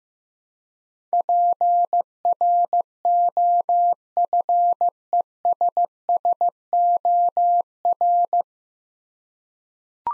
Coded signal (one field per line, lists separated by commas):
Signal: Morse code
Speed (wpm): 15 wpm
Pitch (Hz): 700 Hz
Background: none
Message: PROFESSOR